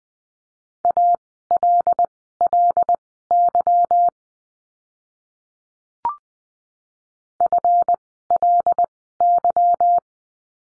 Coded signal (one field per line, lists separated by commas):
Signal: Morse code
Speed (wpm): 20 wpm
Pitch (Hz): 700 Hz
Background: none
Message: ALLY FLY